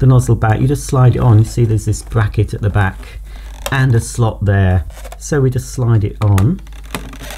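Someone talks while handling the plastic floor nozzle of a Vax Power Reach handheld vacuum cleaner, sliding it onto the bracket and slot at the back of the vacuum, with a few short handling knocks near the end around 7.0 s. The nozzle has not seated or clicked yet.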